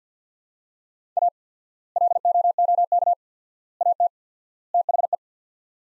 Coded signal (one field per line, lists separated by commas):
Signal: Morse code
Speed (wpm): 50 wpm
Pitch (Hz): 700 Hz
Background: none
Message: A LOOK AT THE